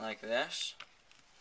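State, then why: Not seated. Someone talks while the plastic side lid of a BBQ lighter is handled, about to be pressed back onto the lighter's body after reassembly; a snap is meant to show all the pieces are back in place. After the talking, only faint light ticks of handling are heard. The lid has not snapped shut or seated yet.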